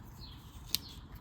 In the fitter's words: But that will lock into place.